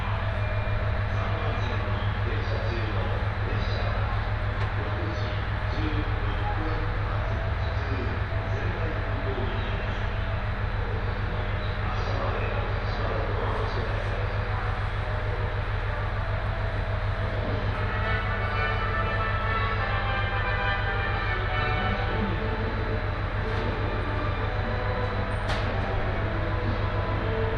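Inside a four-car series 701 train on the Tohoku Main Line from Sendai toward Kogota, a steady low rumble and hum of the running train fills the whole clip. Faint voices murmur underneath, with a brief sharp click near the end.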